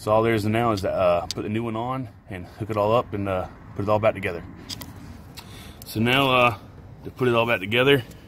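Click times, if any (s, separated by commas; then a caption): none. Someone talks while handling the new fuel pressure sensor and the fuel line quick-connect fitting on a 2015-19 Ram 1500 5.7 Hemi 8-speed truck engine during a sensor replacement. A couple of faint, brief handling ticks come near 4.7 and 4.8 seconds between stretches of speech. The quick-connect has not yet snapped onto the new sensor, and nothing has seated or clicked yet.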